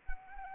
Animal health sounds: mosquito wingbeat signal from an infrared sensor; Anopheles arabiensis

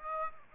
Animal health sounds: mosquito wingbeat signal from an infrared sensor; Aedes aegypti

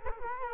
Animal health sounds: mosquito wingbeat signal from an infrared sensor; Culex quinquefasciatus

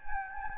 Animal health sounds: mosquito wingbeat signal from an infrared sensor; Anopheles gambiae

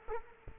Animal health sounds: mosquito wingbeat signal from an infrared sensor; Culex quinquefasciatus

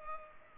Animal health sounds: mosquito wingbeat signal from an infrared sensor; Culex pipiens

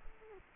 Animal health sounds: mosquito wingbeat signal from an infrared sensor; Culex quinquefasciatus

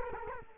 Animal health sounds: mosquito wingbeat signal from an infrared sensor; Culex quinquefasciatus

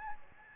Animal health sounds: mosquito wingbeat signal from an infrared sensor; Aedes albopictus

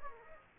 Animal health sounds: mosquito wingbeat signal from an infrared sensor; Aedes aegypti

